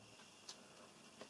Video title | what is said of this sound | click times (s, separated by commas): Acer Nitro 5 (установка SSD диска и оперативной памяти) | chốt khớp vào vị trí và | 0.5 s